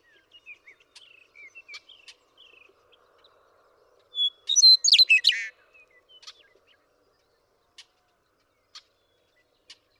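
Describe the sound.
Western meadowlark sings once: a short whistle followed by a loud, warbled, tumbling flourish. Faint bird chirps come before it, and isolated ticks follow.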